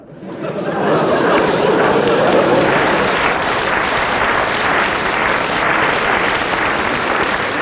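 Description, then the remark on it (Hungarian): A steady, loud mechanical roar of helicopters whirring in the background of a film scene, holding constant for several seconds with a faint pulsing texture and no clear break. “A háttérben meztelen lovak és helikopterek berregnek, miközben félmeztelen katonák lobogtatják a zászlóst.”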